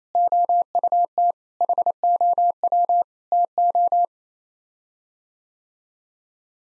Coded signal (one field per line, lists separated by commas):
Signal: Morse code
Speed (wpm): 27 wpm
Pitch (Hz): 700 Hz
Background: none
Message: OUT HOW TO